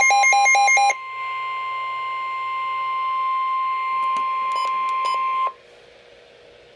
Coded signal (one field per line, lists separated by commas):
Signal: Emergency Alert System (SAME) tones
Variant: 1050 Hz attention tone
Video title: Severe Thunderstorm Warning - EAS #342